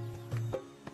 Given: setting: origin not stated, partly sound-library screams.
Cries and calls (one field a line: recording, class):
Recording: one-second piece from a danger detection set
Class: normal situation